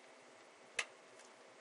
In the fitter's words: you should hear it click and should be in place go